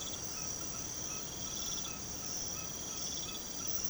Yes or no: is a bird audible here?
yes